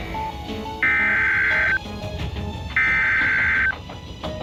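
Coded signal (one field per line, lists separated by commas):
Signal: Emergency Alert System (SAME) tones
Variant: header bursts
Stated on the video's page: Fictional EAS scenario made for a custom Plague Inc game run.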